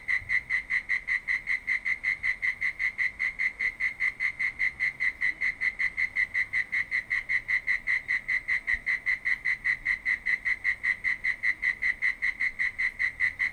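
Cricket giving an unbroken series of regular chirps, evenly spaced, steady in pitch and loudness throughout.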